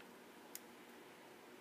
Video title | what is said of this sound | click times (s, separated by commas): Shop made tool post in action ! | if you can hear it click lock it back down it's just like that | 0.6 s